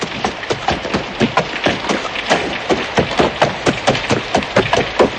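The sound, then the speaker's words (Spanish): A horse-drawn carriage rolls in the dark along a shortcut back to Glencors through incessant rain, with steady, rapid wooden knocks and clops repeating over a constant hiss of falling water. No one speaks. “No había otros ruidos que el del carruaje y el de la incesante lluvia.”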